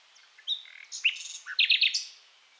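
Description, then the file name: Common nightingale song: varied sharp chirps and slurred notes building into three quick bright repeated notes, over a faint hiss. "Luscinia megarhynchos"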